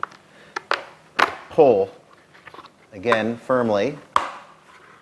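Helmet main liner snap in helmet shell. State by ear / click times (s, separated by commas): released / 4.2 s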